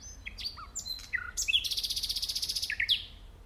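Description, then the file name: Common nightingale song: varied whistled notes leading into a fast buzzy rattle of rapid repeated pulses. "Luscinia megarhynchos"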